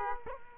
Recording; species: mosquito wingbeat signal from an infrared sensor; Culex quinquefasciatus